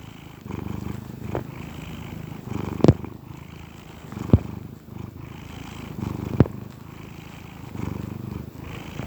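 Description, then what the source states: Domestic cat purring quietly in a low rumble, with three sharp clicks or taps spaced a couple of seconds apart. Happy domestic cat purring.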